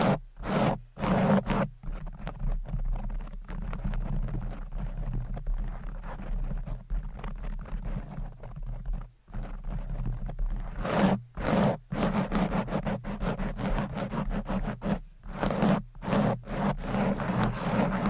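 Fast, aggressive mic scratching fills the whole stretch with dense, rough scraping that rubs and grinds without pause. Sharp bright bursts break through often, especially near 0–2, 11–12 and 15–17 seconds, over a steady low rumble.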